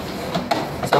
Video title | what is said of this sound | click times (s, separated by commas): Defibrillator Reanibex 700 - BeXen Cardio (Elektromedik) | Sampai berbunyi klik klik. Nah. | 0.5 s, 0.9 s